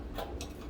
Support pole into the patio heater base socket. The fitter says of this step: pull the pole up so it locks into place. That's